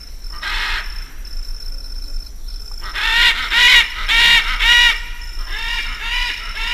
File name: canto del guacamayo militar